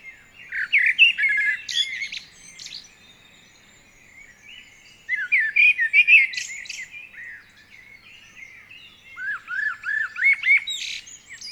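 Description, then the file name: Common blackbird song: three warbled phrases of low fluty notes mixed with thin high squeaks, each lasting about two seconds. "Turdus merula"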